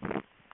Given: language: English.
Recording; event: throat vibration sensor signal played as sound; swallow